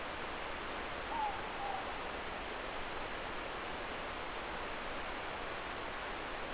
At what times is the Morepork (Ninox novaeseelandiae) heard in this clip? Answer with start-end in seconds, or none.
1.01-1.94